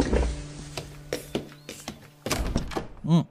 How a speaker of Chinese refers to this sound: 在第二天中午12点，正阳高照，我们正其乐融融地吃着海南椰子饭，门被敲响了。我有些不舍地放下碗筷前去开门。